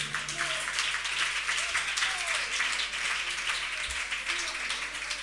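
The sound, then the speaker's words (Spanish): A crowd applauds steadily as a person is called up, a dense wash of many hands clapping at an even loudness for several seconds, with no one speaking over it. “Yo voy a llamar a Héctor Castilla, le dais un aplauso grande, por favor.”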